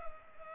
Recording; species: mosquito wingbeat signal from an infrared sensor; Culex pipiens